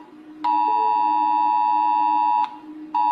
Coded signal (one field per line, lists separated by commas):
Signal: Emergency Alert System (SAME) tones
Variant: 853 and 960 Hz attention tone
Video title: Rating eas alarms